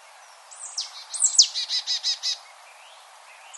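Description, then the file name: Marsh tit call: a few sharp, high, downslurred notes followed by a quick run of five buzzy, evenly spaced notes, then quiet. "Poecile palustris"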